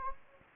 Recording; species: mosquito wingbeat signal from an infrared sensor; Anopheles gambiae